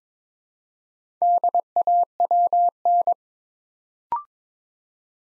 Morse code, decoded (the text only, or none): DAWN